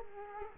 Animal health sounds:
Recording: mosquito wingbeat signal from an infrared sensor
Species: Culex quinquefasciatus

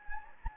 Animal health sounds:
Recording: mosquito wingbeat signal from an infrared sensor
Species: Anopheles gambiae

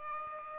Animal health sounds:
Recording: mosquito wingbeat signal from an infrared sensor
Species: Aedes aegypti

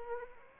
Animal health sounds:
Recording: mosquito wingbeat signal from an infrared sensor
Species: Anopheles arabiensis

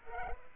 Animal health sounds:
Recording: mosquito wingbeat signal from an infrared sensor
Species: Culex pipiens

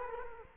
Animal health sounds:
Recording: mosquito wingbeat signal from an infrared sensor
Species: Culex quinquefasciatus

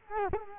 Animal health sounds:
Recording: mosquito wingbeat signal from an infrared sensor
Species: Culex quinquefasciatus

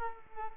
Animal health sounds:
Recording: mosquito wingbeat signal from an infrared sensor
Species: Culex pipiens

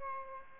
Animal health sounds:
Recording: mosquito wingbeat signal from an infrared sensor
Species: Aedes albopictus

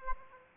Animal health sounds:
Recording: mosquito wingbeat signal from an infrared sensor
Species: Aedes aegypti

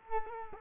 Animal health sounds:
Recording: mosquito wingbeat signal from an infrared sensor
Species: Culex quinquefasciatus

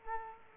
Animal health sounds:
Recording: mosquito wingbeat signal from an infrared sensor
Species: Culex quinquefasciatus

